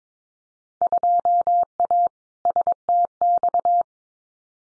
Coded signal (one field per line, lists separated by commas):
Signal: Morse code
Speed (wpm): 22 wpm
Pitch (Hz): 700 Hz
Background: none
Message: 2A STX